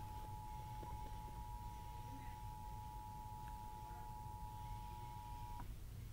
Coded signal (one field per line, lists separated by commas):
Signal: Emergency Alert System (SAME) tones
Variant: 853 and 960 Hz attention tone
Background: speech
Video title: SOUTHWEST GEORGIA MADNESS EAS #45